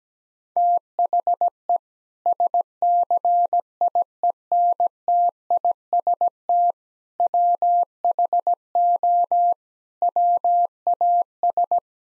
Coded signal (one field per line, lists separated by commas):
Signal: Morse code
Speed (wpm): 17 wpm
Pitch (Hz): 700 Hz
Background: none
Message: THE SCIENTIST WHO WAS